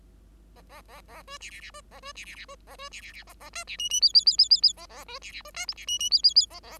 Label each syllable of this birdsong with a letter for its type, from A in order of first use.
A A A A B C C C B A B C C C B A B C C C A A D C E E F F F F F F A A B C C B D G C E E F F F A A